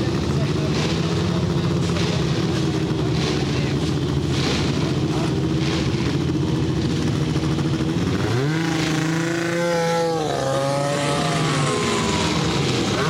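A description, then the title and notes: Racing engines idle and rumble steadily, then one revs sharply around eight seconds, its whine rising and falling before settling back. F1 engines in the assembly area.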